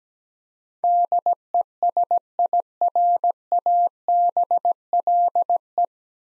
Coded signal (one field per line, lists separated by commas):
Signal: Morse code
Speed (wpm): 17 wpm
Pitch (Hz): 700 Hz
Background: none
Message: DESIRABLE